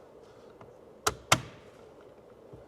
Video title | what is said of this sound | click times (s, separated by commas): I Added a Heated Steering Wheel to My 4Runner! (2010-2024 Install) | You have to hear that click. That click. | 1.1 s, 1.3 s